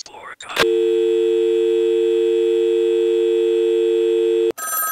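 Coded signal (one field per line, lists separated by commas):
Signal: telephone call progress tone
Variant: UK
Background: speech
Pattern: dial tone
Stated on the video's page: Internet Phone: a vintage rotary telephone handset adapted by design students so users dial and "call" websites.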